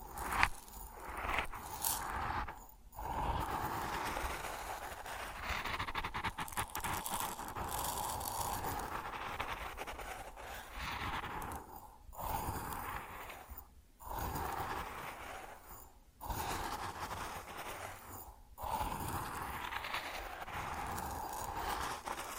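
Grain makes a dense, hissing rush that runs almost without pause, strongest in a middle band with a rough, gritty top. The flow breaks off in short gaps near 3, 12, 14, 16 and 18 seconds, then resumes at much the same level.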